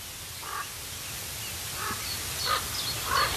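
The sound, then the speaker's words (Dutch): Common ravens give four hoarse, croaking calls at uneven intervals, the later ones a little louder, over a steady hiss of background noise, on the Klein Boeschoten family estate at the edge of the Veluwe. “Geweldig geluid, hè, die raven.”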